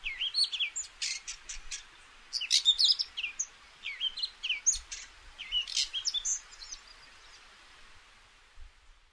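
Red-backed shrike giving squeaky, scratchy notes in clustered bursts through the first seven seconds, then fading, with faint background hiss.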